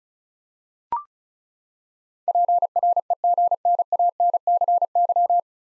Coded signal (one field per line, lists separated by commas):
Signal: Morse code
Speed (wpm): 36 wpm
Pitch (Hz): 700 Hz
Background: none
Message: PREGNANCY